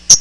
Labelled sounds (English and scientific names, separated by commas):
Hooded Warbler (Setophaga citrina) flight call